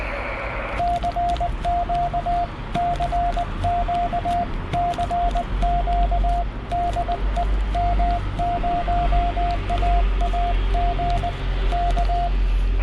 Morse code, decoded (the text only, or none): CQ CQ CQ DE M0AAG K